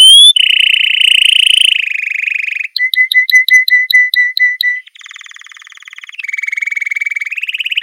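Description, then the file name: Canary song: fast trills at changing pitches, a run of about nine evenly spaced clipped notes, then rapid buzzy rolls, all loud and continuous. "kanarini"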